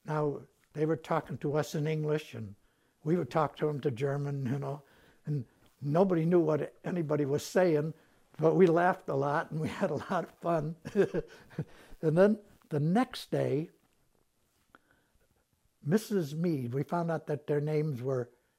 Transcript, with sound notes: now, they were talking to us in English and we would talk to them to German, you know, and nobody knew what anybody was saying, but we laughed a lot and we had a lot of fun. [Laughs] And then the next day Mrs. Meade — we found out that their names were